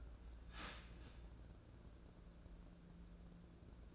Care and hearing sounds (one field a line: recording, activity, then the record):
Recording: daily activity, microphone in the room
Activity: start toaster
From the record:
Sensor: 2